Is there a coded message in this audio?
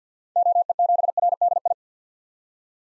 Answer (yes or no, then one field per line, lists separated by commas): yes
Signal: Morse code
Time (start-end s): 0.4-1.7 s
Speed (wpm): 50 wpm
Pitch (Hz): 700 Hz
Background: none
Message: OE7RDI